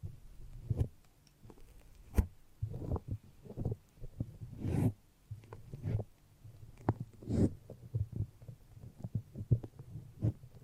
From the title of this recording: The Foamiest and Stickiest Brain Massage